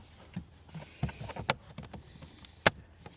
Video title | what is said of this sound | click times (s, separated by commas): Cabin Filter Replacement DIY 2023 Mercedes CLA250 | You may hear a click | 2.7 s